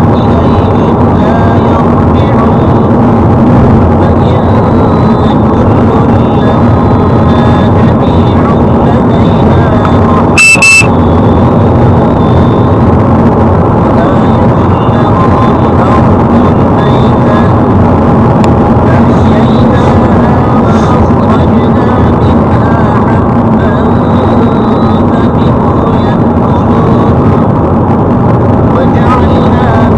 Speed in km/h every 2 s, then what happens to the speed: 99, 94, 96, 98, 102, 104, 107, 108, 104, 97, 93, 94, 95, 97, 97.
3-14 speeds up to 108. 14-18 slows to 97. 18-30 steady at about 95.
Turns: none.